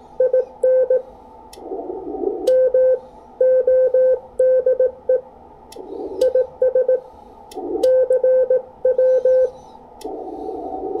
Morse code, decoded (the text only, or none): IN MODE IS CW